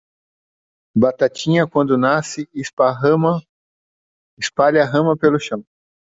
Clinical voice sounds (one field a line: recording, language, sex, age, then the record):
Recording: short text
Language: Brazilian Portuguese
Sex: male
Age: 40 to 49 years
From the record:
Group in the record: control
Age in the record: 49 years